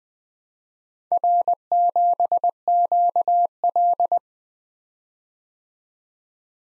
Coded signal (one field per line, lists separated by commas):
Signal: Morse code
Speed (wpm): 20 wpm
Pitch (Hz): 700 Hz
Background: none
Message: R7QL